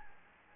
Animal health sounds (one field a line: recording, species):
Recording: mosquito wingbeat signal from an infrared sensor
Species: Anopheles gambiae